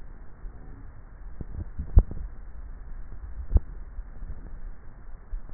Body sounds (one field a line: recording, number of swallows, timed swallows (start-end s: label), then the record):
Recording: swallowing sounds by neck microphone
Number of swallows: 2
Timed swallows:
2.02-3.02 s: swallow
3.62-4.68 s: swallow
From the record:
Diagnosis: dysphagia